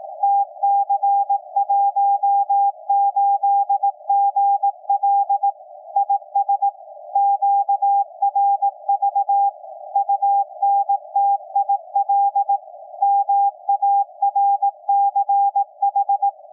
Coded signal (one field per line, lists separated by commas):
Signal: Morse code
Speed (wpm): 18 wpm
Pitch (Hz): 800 Hz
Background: none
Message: TC18GL IS QRV UNTIL MARCH